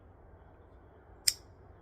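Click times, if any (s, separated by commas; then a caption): 1.3 s. The blade of a small vintage slipjoint folding knife snaps home into its handle against the backspring, a single sharp, bright click at 1.3 s over quiet background hiss. The blade seats with a good snap and no half stops.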